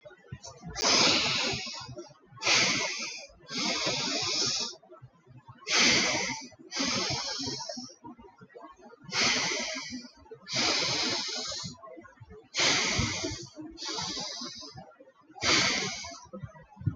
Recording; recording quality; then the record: deep breathing; excellent, no background noise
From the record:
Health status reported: exposed to COVID-19, no respiratory illness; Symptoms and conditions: fever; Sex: male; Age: 25 years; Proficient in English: yes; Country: India